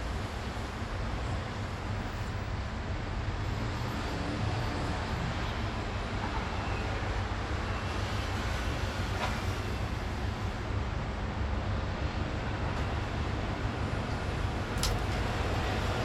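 Street sound on Neihu Road: a steady, dense wash of traffic noise with a heavy low rumble that holds at an even level throughout. A faint tick comes around nine seconds, and a short sharp click near fifteen seconds.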